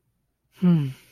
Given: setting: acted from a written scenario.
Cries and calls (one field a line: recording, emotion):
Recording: vocal sound without words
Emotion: romantic love